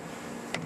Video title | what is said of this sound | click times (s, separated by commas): McLaren Full Documentary - A Supercar Beyond Compare! | you put that in pull the clamp down and locks into place | 0.5 s